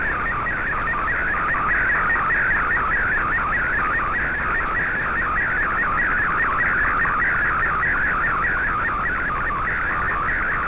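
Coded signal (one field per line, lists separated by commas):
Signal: SSTV (slow-scan television)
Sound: steady warbling, scanning tone with quick regular low blips, continuous throughout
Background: radio static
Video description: here is my decode of the Shortwave Radiogram broadcast today on 15770Khz shortwave radio at 1300UTC in MFSK32 and 64 and with 10 SSTV images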